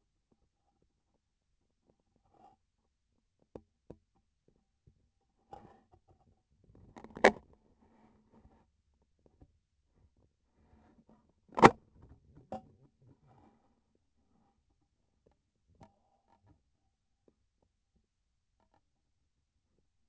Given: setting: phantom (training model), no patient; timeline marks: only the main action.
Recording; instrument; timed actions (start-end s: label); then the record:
laparoscopic instrument, vibration sensor on the handle end; scissors
11.45-11.81 s: cutting PTFE tape
From the record:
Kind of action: gesture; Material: PTFE tape